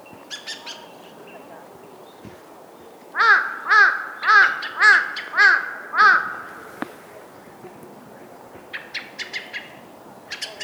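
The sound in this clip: Crow giving six harsh caws in an even series roughly every half second, with faint bird calls before and after.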